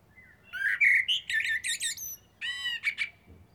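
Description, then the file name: Common blackbird singing a rich warbled whistle that breaks into squeaky chattering twitters, followed by a second short phrase. "Turdus merula"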